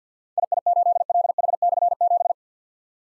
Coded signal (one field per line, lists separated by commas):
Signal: Morse code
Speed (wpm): 52 wpm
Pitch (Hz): 700 Hz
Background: none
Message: II8LH/7